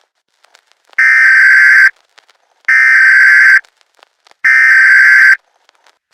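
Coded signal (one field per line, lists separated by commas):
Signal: Emergency Alert System (SAME) tones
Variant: header bursts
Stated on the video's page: A fictional EAS scenario (Halloween special).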